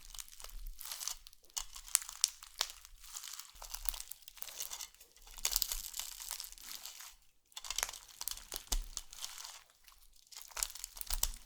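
Slime being squished and worked, with dense crackling, crinkling and popping bursts that come in uneven waves. The sounds are bright and hissy, with little low end, and pause briefly near 3.5, 7.5 and 10 seconds before resuming.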